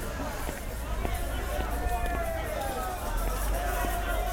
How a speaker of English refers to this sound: There's a parade today. A woman dressed in a long black gown is towering over the crowd. She's wearing stilts.